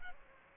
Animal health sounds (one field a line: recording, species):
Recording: mosquito wingbeat signal from an infrared sensor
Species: Aedes aegypti